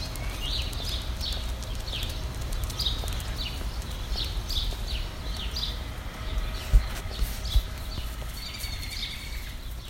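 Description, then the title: Birds chirping in a loose series of quick downward-sweeping notes, roughly one per second, with a low background drone and a couple of knocks. "Birds Chirping Meditation"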